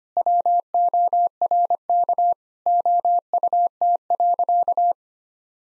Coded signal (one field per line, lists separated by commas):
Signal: Morse code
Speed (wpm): 25 wpm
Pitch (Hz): 700 Hz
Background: none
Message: WORK OUT.